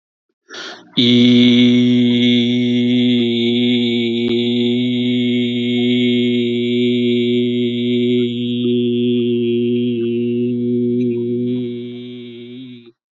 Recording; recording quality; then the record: sustained vowel as in beet; excellent, no background noise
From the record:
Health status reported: healthy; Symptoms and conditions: diabetes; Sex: male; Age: 48 years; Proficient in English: yes